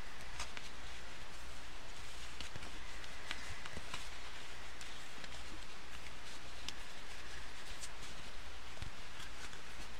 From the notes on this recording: card shuffling, tapping, tuk tuk noises, riffling